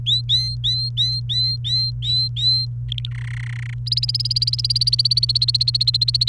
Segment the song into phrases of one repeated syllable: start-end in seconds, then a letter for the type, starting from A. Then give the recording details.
0.06-2.65 A, 2.88-3.10 B, 3.11-3.74 C, 3.86-6.28 D. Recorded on 29 April 2018 at 15:40. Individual llb3